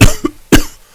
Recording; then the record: coughing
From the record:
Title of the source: Coughing 51